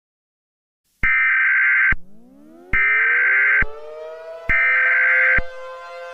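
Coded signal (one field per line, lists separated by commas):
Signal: Emergency Alert System (SAME) tones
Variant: header bursts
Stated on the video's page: Fictional EAS mock in analog horror style, not a real alert.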